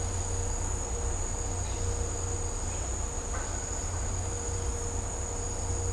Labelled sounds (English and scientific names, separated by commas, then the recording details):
none
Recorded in dense forest near Puerto Asís, Putumayo, Colombia, on 20 December 2024 at 16:00
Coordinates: 0.503, -76.323
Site G043